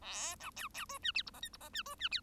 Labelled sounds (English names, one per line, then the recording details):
Bengalese Finch song
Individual Bird1